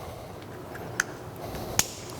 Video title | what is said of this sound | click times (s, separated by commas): How to Install Recon Projector Headlights | Make sure you hear that click. | 1.0 s, 1.8 s